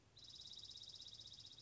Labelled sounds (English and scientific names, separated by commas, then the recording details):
Dark-eyed Junco (Junco hyemalis)
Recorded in Sonoma County, California